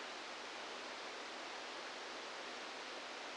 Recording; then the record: brain microelectrode recording played as sound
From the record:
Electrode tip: outside the subthalamic nucleus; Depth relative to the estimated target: -4 mm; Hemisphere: left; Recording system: NeuroSet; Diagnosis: Parkinson's disease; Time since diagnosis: 10 years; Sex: male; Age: 63 years